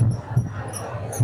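Two soft, low thumps about 0.85 seconds apart, a steady pace of roughly 70 beats a minute. This is a normal adult heartbeat, with faint room noise underneath.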